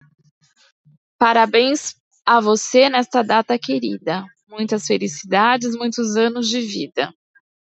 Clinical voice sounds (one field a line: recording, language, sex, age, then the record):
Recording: short text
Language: Brazilian Portuguese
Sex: female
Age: 40 to 49 years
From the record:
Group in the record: control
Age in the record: 40 years